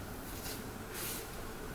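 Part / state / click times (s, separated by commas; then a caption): sunglass lens in a plastic frame / not seated / none. A replacement sunglass lens for an Oakley Sliver or Sliver XL is lined up with the groove of its plastic frame before being pushed forward to lock in place. Only faint, steady rustling handling noise is heard, with soft brushy swells around 0.5 s and 1.0–1.2 s. Nothing has seated or clicked yet.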